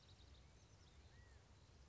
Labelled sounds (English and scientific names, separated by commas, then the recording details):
California Quail (Callipepla californica)
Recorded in Sonoma County, California